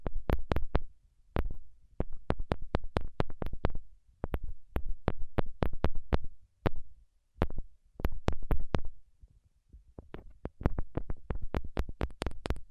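Tapping in quick, uneven runs of sharp strikes, each one crisp with a dull low thump beneath. Bursts of several taps are broken by short pauses, and the pace shifts from group to group, with brighter, denser taps near the end.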